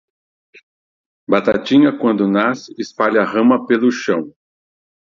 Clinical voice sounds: short text; Brazilian Portuguese; male; 50 to 59 years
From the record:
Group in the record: control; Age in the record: 55 years

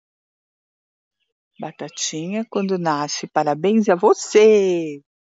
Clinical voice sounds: short text; Brazilian Portuguese; female; 50 to 59 years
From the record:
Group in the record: control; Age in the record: 58 years

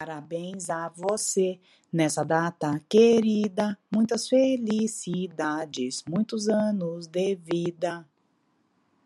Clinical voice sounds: short text; Brazilian Portuguese; female; 50 to 59 years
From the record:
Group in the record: control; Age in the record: 50 years

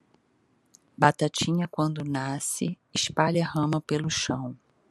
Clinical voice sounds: short text; Brazilian Portuguese; female; 50 to 59 years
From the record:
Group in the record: control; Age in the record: 52 years

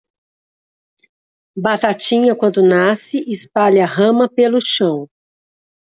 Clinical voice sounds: short text; Brazilian Portuguese; female; 50 to 59 years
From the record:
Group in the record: control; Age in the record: 57 years

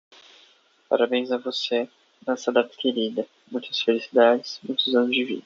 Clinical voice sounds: short text; Brazilian Portuguese; male; 20 to 29 years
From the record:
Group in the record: control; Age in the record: 25 years

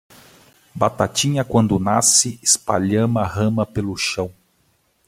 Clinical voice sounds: short text; Brazilian Portuguese; male; 40 to 49 years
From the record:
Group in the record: control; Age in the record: 45 years

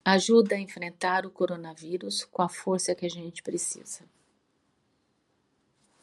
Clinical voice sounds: spoken sentence; Brazilian Portuguese; female; 60 to 69 years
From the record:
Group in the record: control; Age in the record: 62 years

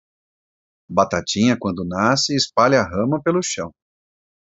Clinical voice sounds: short text; Brazilian Portuguese; male; 40 to 49 years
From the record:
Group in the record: control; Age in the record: 44 years

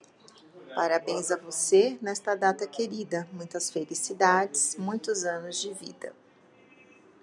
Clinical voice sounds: short text; Brazilian Portuguese; female; 40 to 49 years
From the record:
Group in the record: control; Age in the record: 49 years

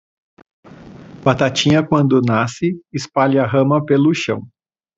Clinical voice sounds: short text; Brazilian Portuguese; male; 30 to 39 years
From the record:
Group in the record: control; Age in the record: 35 years

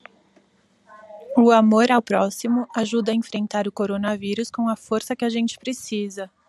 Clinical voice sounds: spoken sentence; Brazilian Portuguese; female; 30 to 39 years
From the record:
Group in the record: control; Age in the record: 36 years

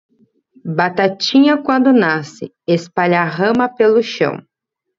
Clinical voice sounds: short text; Brazilian Portuguese; female; 30 to 39 years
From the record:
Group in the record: control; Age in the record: 37 years

